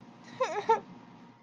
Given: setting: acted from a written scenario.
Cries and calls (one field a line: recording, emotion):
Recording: vocal sound without words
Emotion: sadness